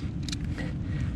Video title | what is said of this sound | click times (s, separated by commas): Trane Heat Exchanger Replacement Start to Finish | and as you can see it just magnetically clicks right in and then you're able to get in there | 0.3 s